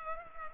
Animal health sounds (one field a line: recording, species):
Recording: mosquito wingbeat signal from an infrared sensor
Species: Culex pipiens